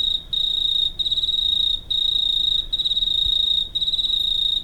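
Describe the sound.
Cricket trilling high and steady, chopped into bursts of about a second with quick silent gaps between.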